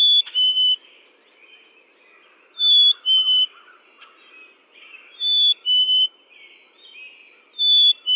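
Chickadee whistled song, a clear high note dropping to a lower, slightly split note, repeated about every two and a half seconds, four phrases, with soft chattering from other birds between.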